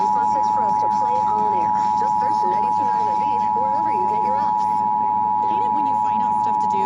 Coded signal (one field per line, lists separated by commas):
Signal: Emergency Alert System (SAME) tones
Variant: 853 and 960 Hz attention tone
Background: speech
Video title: 6/15/21 Required Monthly Test 4X [EAS #638 - #641]